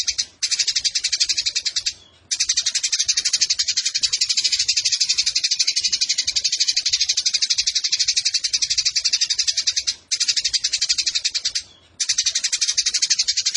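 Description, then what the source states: Eurasian tree sparrow in sustained, buzzy, high-pitched chattering, steady fast pulses with several brief gaps between bursts. Fighting-style sparrow with long 'nembak panjang' shooting chatter and clear voice, used as a tutor recording for birds entered in song competitions.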